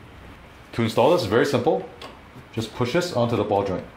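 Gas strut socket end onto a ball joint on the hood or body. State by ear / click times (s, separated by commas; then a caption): not seated / none. Someone talks while the metal-clip socket end of a hood gas strut on a 2021–2023 Nissan Rogue is being pushed onto a ball joint on the hood or body. There are two stretches of speech over low background noise. Nothing has seated or clicked yet.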